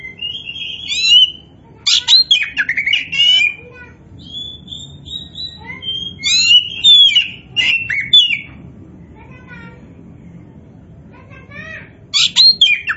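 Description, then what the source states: Oriental magpie-robin singing vigorously with varied whistles, chips and rapid scratchy phrases in bursts, a quieter gap, then more bright notes. Kacer poci (Indonesian name), described as gacor, singing actively and continuously.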